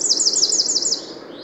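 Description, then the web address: Eurasian wren trill: a rapid run of quick, high, evenly spaced notes that then fades out. "SETE Troglodytes troglodytes"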